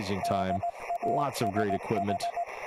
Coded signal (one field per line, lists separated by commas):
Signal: Morse code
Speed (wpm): 18 wpm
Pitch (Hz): 690 Hz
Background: speech, radio noise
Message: DASH